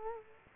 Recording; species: mosquito wingbeat signal from an infrared sensor; Culex quinquefasciatus